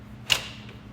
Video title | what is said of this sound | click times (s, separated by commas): DeWalt Table Saw - Dado Cut | and drop these legs down you hear them lock into place | 0.3 s